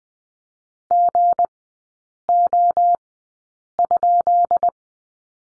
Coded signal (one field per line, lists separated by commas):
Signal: Morse code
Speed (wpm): 20 wpm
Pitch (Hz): 700 Hz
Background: none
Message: GO?